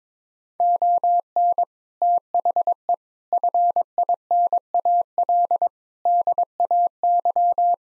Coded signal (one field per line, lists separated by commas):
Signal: Morse code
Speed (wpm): 22 wpm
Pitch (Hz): 700 Hz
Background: none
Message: ON THE FINAL DAY